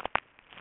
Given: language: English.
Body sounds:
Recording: throat vibration sensor signal played as sound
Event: swallow

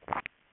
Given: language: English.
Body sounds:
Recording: throat vibration sensor signal played as sound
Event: swallow

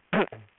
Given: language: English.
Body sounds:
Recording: throat vibration sensor signal played as sound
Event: throat clearing

